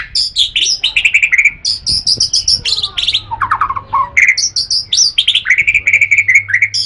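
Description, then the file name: White-rumped shama song: a rich, fast run of varied whistles and chirps, sweeping down then rising again, with loud repeated high notes in quick bursts throughout. "kicau murai batu matrix pawang bc lhokseumawe"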